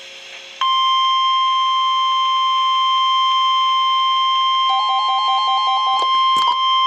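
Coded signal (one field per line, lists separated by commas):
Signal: Emergency Alert System (SAME) tones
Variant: 1050 Hz attention tone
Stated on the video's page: Required weekly test from NOAA weather radio station in Milwaukee, Wisconsin.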